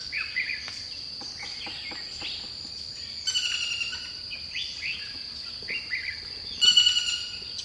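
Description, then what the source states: Bird song: short rising and falling whistled notes repeated every second or so, plus two high rapid trills, against a constant shrill insect hum. Dipterocarp forest.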